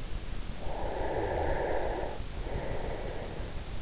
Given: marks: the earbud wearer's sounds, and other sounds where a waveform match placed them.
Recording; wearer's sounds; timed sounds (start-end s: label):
sounds in sleep by an in-ear microphone; breath
0.40-3.51 s: breath